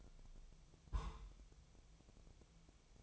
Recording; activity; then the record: daily activity, microphone in the room; place on stove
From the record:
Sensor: 1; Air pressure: 999.4 hPa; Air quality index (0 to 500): 203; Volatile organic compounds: 44 ppm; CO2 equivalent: 3212 ppm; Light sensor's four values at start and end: 9/22/8/9 and 9/22/8/9